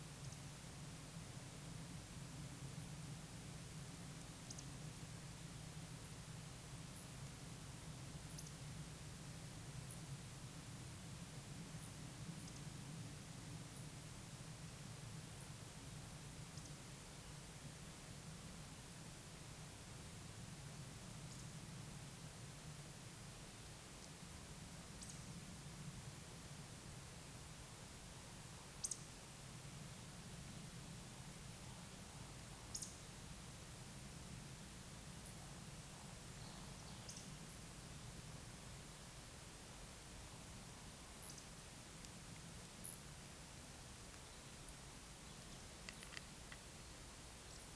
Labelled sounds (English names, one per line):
Eurasian Woodcock whistle
Eurasian Woodcock croak